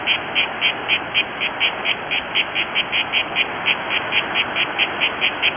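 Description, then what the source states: Cicada singing in many regular buzzy pulses above an even hissing drone. Recorded 17 June 2012.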